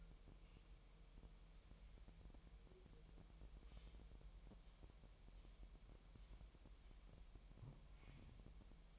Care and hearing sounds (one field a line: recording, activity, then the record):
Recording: daily activity, microphone in the room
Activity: wipe stove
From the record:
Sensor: 1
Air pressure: 1001.1 hPa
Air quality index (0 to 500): 249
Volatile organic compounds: 151 ppm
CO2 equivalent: 4027 ppm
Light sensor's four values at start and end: 7/18/7/7 and 8/19/7/7